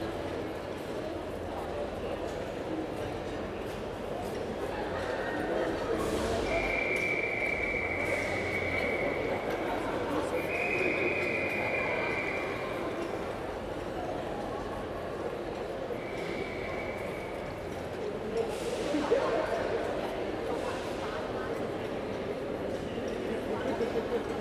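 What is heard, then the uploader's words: A railway station concourse with a steady murmur of voices and general bustle throughout. A bright, sustained electronic tone sounds in three long stretches, around 6, 10 and 16 seconds, and a few sharp clatters stand out near 6 and 19 seconds. All recorded at Newcastle's Central Station.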